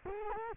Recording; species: mosquito wingbeat signal from an infrared sensor; Culex quinquefasciatus